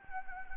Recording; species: mosquito wingbeat signal from an infrared sensor; Anopheles gambiae